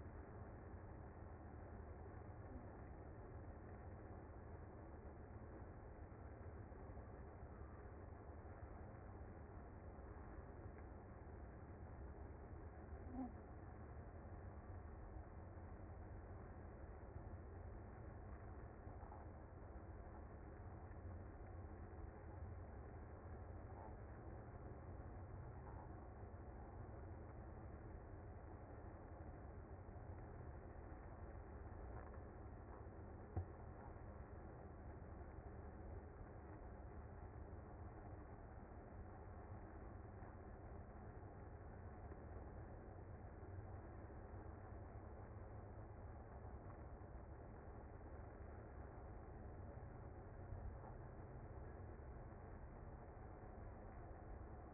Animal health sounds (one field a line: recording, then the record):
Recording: honeybee colony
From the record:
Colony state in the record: active